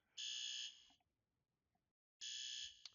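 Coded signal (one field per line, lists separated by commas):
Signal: alarm pattern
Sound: a loud buzzing fire alarm horn blast, a pause, then another blast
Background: small room echo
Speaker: If we go ahead and hit it, this is going to initiate our evacuation temporal 3.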